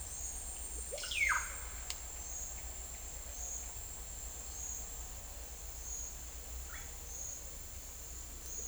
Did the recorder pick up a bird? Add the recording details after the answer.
yes. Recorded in secondary vegetation near Puerto Asís, Putumayo, Colombia, on 20 December 2024 at 11:00. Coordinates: 0.488, -76.319. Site GP04